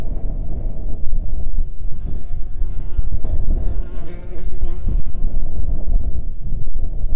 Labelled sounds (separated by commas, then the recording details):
wind, insects
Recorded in the Prudhoe Bay oil fields, Alaska, on 9 June 2019 at 17:05
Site 21